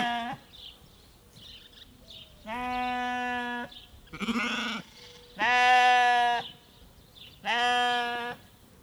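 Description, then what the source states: Sheep bleats, several drawn-out calls separated by brief pauses with soft chirping. Small group of sheep standing close together bleating in the backyard of a small farmstead in Marnach; lively sparrows calling from a tree nearby.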